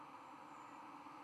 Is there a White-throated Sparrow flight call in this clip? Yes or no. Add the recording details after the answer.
no. No flight call is heard. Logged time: 22:55 on 4 November 2014